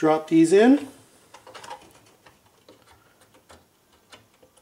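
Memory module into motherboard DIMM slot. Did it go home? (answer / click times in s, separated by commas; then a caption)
no / none. Someone talks briefly, then a Corsair Vengeance 1600 DDR3 memory stick is dropped into a motherboard DIMM slot, making a few faint, short plastic ticks and taps from about 1.3 s onward. Nothing has seated or clicked yet; the retention latch has not locked.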